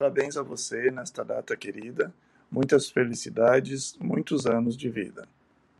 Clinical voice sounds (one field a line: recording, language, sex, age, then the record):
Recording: short text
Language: Brazilian Portuguese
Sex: male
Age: 60 to 69 years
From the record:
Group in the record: control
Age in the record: 62 years